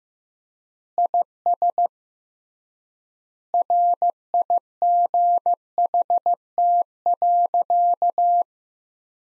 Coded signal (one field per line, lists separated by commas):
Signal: Morse code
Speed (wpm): 15 wpm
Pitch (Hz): 700 Hz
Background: none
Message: IS RIGHT.